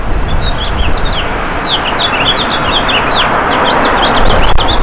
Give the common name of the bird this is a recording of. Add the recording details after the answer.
House Finch. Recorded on Long Island, New York, on 11 June 2012. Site HB. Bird D